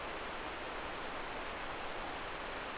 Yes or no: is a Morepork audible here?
no